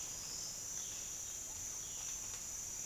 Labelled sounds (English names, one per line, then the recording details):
none
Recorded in secondary vegetation near Puerto Asís, Putumayo, Colombia, on 30 June 2025 at 08:30
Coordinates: 0.485, -76.322
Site GP06